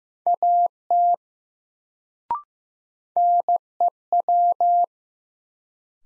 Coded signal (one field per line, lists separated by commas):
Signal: Morse code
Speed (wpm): 15 wpm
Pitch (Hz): 700 Hz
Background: none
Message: AT NEW